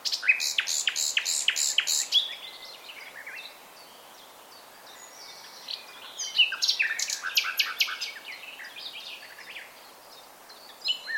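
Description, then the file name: Common nightingale song opening with loud rapid repeated notes, a pause, then another burst of varied chips and trills. "Luscinia megarhynchos"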